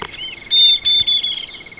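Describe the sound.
Bird call, a few short, high, flat whistled notes in quick succession, above a continuous shrill cricket drone and a regular pulsing insect rhythm.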